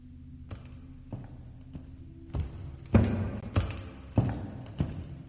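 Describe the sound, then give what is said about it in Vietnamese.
Footsteps thud through an empty living room, about eight steady steps that start soft and grow heavier and louder, over a low constant hum with no voices. “Ở trong căn phòng khách vốn không có một ai, đột nhiên lại vang lên tiếng bước chân.”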